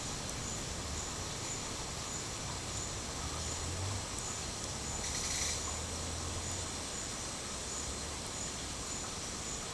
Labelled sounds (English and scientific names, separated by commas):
none